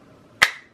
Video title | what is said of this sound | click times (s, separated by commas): DRUGSTORE HAUL+FIRST IMPRESSIONS MAKEUP +DEMO | you click it and then close it okay like that and | 0.4 s